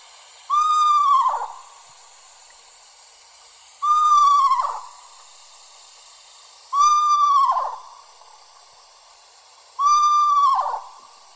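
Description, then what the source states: Eastern screech owl whinny: four whistled calls, each about a second long, roughly every three seconds, each ending in a sharp downward slide. The calls begin with tremolos and end with a whining sound like a horse.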